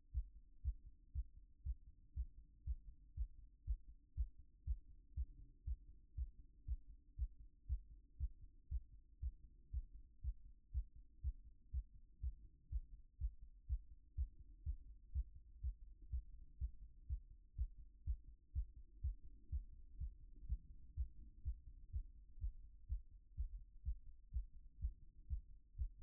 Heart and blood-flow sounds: heart sounds by stethoscope; 122 bpm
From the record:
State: after exercise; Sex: male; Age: 28 years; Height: 180 cm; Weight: 120 kg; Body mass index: 37.04

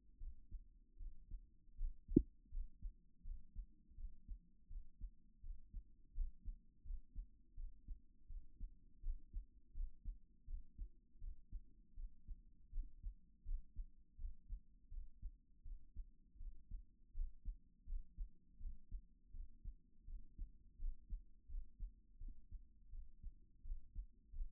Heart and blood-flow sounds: heart sounds by stethoscope; 82 bpm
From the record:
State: at rest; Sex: female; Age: 37 years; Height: 160 cm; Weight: 68 kg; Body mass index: 26.56

